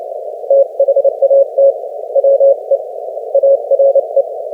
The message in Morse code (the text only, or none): THAT WE ARE